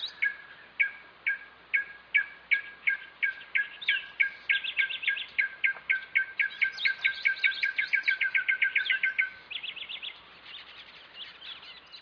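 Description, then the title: Black-striped sparrow song: a long series of sharp, repeated chip notes that gradually speeds up into a fast run, ending with a few brief quick phrases. "LuckyPassaro Completos2Sama. Black-striped Sparrow (Arremonops conirostris)"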